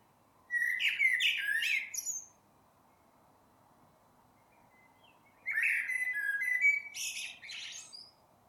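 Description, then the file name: Eurasian blackbird song in two bursts about five seconds apart, each a fluty warble ending in high squeaky twittering notes. "Turdus merula"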